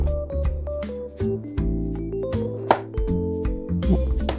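A detached section of a modular recycled-plastic paint palette, which had come off because it is heavy, is pressed back into the palette frame over steady keyboard-like background music. A sharp plastic click stands out at 2.7 s as the pieces snap together, and the section is seated back in place.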